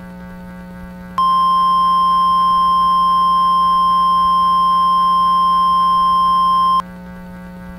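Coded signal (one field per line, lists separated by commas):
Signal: Emergency Alert System (SAME) tones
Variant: 1050 Hz attention tone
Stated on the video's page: Recreated tornado emergency alert mock for the 1999 Bridge Creek-Moore tornado, not a real broadcast.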